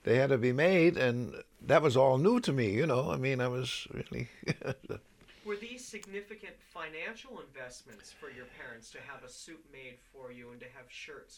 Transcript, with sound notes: They had to be made, and that was all new to me. You know, I mean, I was really... (he laughs)
Were these significant financial investments for your parents to have a suit made for you and to have shirts made for you?